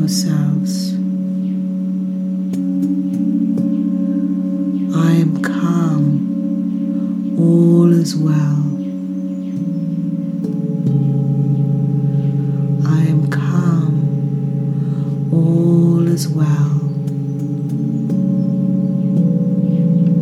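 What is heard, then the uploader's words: Ancient singing bowls hum in a steady, layered low drone, with bright struck rings around five, eight, thirteen and sixteen seconds. The sound from the ancient singing bowls. Ayesha practices the traditional form of Sound healing, with the Tibetan singing bowls.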